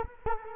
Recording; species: mosquito wingbeat signal from an infrared sensor; Culex quinquefasciatus